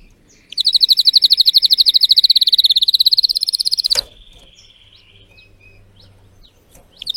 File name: canto do canario belga timbrado espanhol